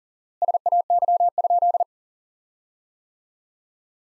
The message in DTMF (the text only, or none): none